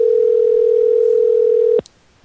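A phone's outgoing ringing tone: one steady, mid-pitched electronic hum that holds for almost two seconds, then cuts off abruptly with a small click, leaving near silence.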